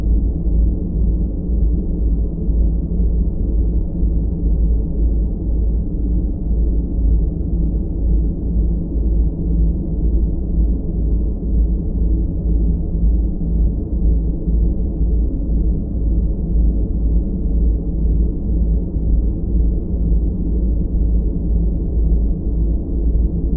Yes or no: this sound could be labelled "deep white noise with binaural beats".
yes